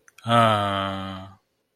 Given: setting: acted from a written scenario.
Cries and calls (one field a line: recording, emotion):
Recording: vocal sound without words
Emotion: desire